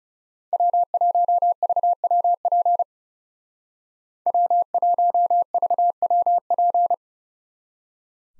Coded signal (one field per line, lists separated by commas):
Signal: Morse code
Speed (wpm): 39 wpm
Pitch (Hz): 700 Hz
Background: none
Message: W1VWP W1VWP